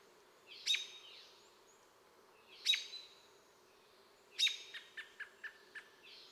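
Blue jay calls: three harsh, rasping notes about two seconds apart, the last followed by a quick run of short clicking notes, over a low background hiss.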